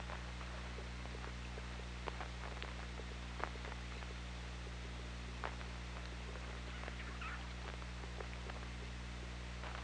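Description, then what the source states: Killer whale clicks, scattered sharp ticks over a constant low hum. OrcaLab hydrophone, 24 August 2017, 21:24:32.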